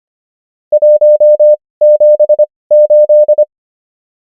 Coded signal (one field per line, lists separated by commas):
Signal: Morse code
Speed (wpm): 25 wpm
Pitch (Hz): 600 Hz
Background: none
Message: 178